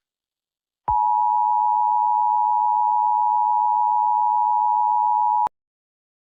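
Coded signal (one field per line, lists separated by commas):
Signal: Emergency Alert System (SAME) tones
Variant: 853 and 960 Hz attention tone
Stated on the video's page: Simulated EAS scenario.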